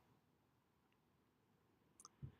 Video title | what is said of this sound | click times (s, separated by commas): Whirlpool Front Load Washer Not Draining | it just snaps into place. | 2.0 s, 2.1 s